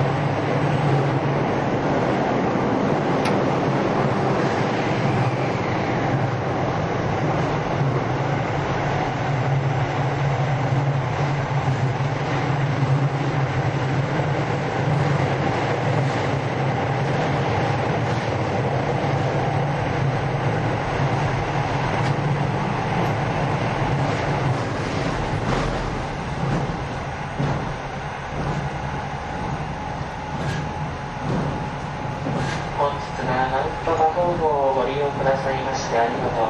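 A train runs steadily with a constant low rumble and clatter, a faint high whine throughout, and brief squealing tones near the end.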